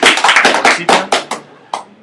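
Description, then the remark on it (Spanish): A small group gives a short round of applause for a young guest at the Snikt Comics store in León: brisk, crisp claps that quickly thin out to a few scattered final claps and stop after about two seconds, with no voices. “Un aplauso para el joven, sí.”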